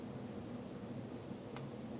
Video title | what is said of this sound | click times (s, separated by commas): What is timing and how do you do it? Lets talk tech. | that click right there, that's the hammer lug dropping over the back of the sear. | 1.6 s